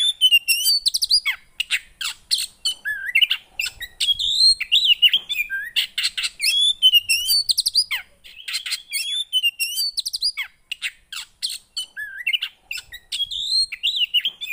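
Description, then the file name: Oriental magpie-robin in dense, near-continuous song: high whistles, quick trills and downslurred notes tumbling rapidly one after another, with a few brief pauses. Song of a magpie-robin played to provoke a caged bird, meant to make the listening bird instantly agitated. "Burung kacer anda langsung emosi dengar ini"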